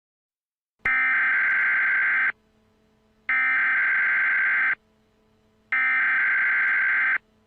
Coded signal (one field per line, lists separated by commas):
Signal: Emergency Alert System (SAME) tones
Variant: header bursts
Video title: EAS Scenario: End Of The World (Comcast Version)